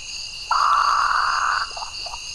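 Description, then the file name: Northern potoo gives one harsh, drawn-out, level croaking note lasting about a second, followed by softer rough notes, while insects trill steadily at high pitch throughout. "Northern Potoo Nyctibius jamaicensis"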